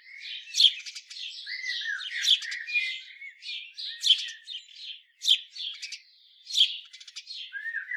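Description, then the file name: House sparrow calls: loud, sharp chirps at irregular intervals, mixed with softer chatter and squawky notes between them. "Passer domesticus"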